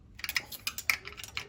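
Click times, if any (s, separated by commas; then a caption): 0.9 s. A thin long rod is pushed against the timing chain of an RE Himalayan 450 motorcycle engine, pressing the chain onto the cam chain tensioner, and a series of light, sharp ticks is heard. The strongest, soft but clear click comes at 0.9 s as the cam chain tensioner releases and expands, leaving the chain tight.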